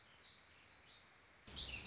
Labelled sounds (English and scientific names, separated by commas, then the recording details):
Warbling Vireo (Vireo gilvus)
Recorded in Sonoma County, California